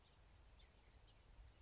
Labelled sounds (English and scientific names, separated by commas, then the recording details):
House Finch (Haemorhous mexicanus)
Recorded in Sonoma County, California